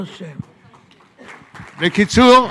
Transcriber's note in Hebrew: הקהל מוחא כפים